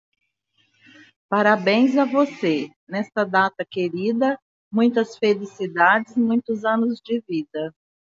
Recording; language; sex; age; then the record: short text; Brazilian Portuguese; female; 60 to 69 years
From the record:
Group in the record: control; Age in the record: 61 years